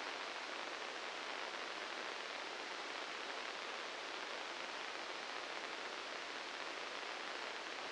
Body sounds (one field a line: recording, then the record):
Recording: brain microelectrode recording played as sound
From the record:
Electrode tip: inside the subthalamic nucleus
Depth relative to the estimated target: -2 mm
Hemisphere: left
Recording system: NeuroSet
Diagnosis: Parkinson's disease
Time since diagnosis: 19 years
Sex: female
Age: 69 years